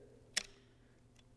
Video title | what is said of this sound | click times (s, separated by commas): Excalibur Twinstrike Crossbow Review | i heard it it clicked into place and what that is that's the cease-fire engaging with this rhino knock | 0.4 s